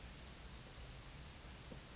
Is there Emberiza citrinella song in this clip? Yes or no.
no